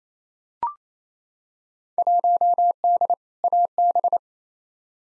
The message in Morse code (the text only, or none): 1D AB